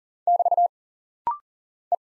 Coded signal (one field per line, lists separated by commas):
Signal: Morse code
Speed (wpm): 40 wpm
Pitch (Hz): 700 Hz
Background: none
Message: <BT> E